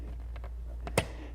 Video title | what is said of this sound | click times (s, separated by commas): Studio Desk - Step 4 | of slip it underneath this this arm this T arm and then it'll click into place you'll | 0.9 s, 1.0 s